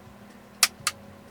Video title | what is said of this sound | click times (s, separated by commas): Captain Ron back in the shop : Dr. Doom metal helmet repair | and it clicks right into place. | 0.6 s, 0.9 s